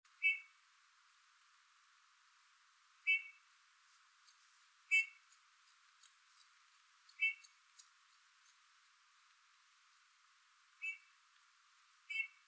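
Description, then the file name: Eurasian bullfinch giving soft, short piped whistles, single notes spaced a few seconds apart, six calls in all, with faint ticks between them over a quiet background. "Pyrrhula pyrrhula"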